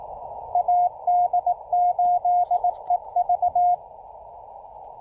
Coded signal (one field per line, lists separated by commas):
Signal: Morse code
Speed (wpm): 20 wpm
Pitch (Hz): 710 Hz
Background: radio noise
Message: AD8EV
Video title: Picnic Table POTA with the CHA MPAS Lite and CHA UCM